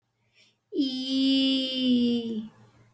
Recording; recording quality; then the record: sustained vowel as in beet; excellent, no background noise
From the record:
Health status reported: healthy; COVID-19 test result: negative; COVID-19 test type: RT-PCR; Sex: female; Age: 21 years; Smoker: no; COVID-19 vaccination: one dose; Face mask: not worn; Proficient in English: yes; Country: India